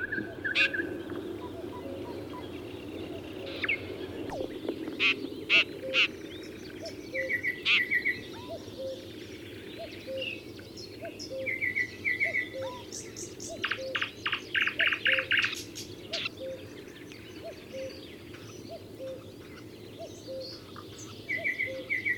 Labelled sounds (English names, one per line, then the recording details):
Red-backed Shrike call
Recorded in the wild
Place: Blankensee, Mecklenburg-Vorpommern, DE
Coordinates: 53.404, 13.221
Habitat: Lake
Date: 1982-05-26
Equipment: Nagra III BH, Sennheiser MD 21, parabola
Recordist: Schubert, Michael